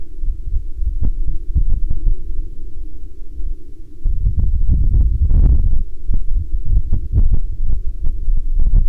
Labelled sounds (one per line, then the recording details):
wind
aircraft
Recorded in the Prudhoe Bay oil fields, Alaska, on 3 August 2019 at 01:56
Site 19